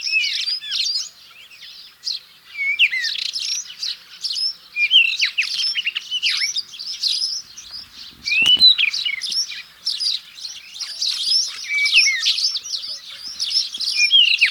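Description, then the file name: Black scrub robin song: rapid, jumbled high warbling with sharp chirps and slurred whistles, delivered almost without break throughout. Recorded in Saudi Arabia on 5 February 2011. "Black Scrub Robin Saudi Arabia 05 02 2011 © Abdul Rahman Al-Sirhan"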